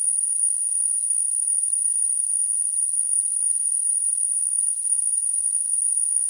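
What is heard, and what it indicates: Simulated tinnitus: a steady, continuous high-pitched tone at about 9 kHz over a faint high-frequency hiss, unchanging throughout.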